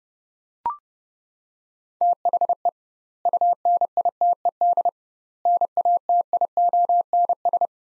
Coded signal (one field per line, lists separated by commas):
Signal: Morse code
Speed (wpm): 32 wpm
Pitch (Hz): 700 Hz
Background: none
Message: THE UNITED NATIONS